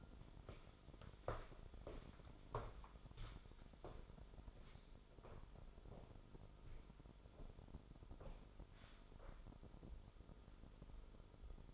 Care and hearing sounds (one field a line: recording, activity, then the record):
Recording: daily activity, microphone in the room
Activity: walk to room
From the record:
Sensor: 5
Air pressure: 988.3 hPa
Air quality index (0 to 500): 192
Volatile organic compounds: 59 ppm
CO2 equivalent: 3403 ppm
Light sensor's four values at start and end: 47/137/54/60 and 47/143/56/60